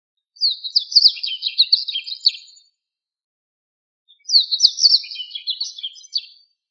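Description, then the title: Bird song: two high, fast twittering phrases of about two seconds each, slightly falling toward the end, with a short silence between them. "LuckyPassaros CompletosSama"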